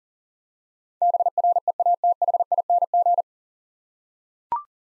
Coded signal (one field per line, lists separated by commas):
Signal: Morse code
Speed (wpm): 40 wpm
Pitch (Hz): 700 Hz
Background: none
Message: BREATHING